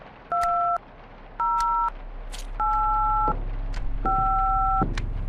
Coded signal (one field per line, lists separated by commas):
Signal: DTMF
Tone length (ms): 630 ms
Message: 2085